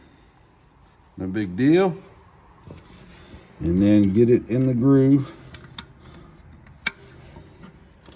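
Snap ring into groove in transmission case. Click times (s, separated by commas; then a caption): 6.9 s. A steel snap ring is stretched slightly and worked into its groove inside an E4OD/4R100 transmission case while someone talks. After some faint metallic taps, a sharp metallic snap at 6.9 s marks the ring seating in the groove.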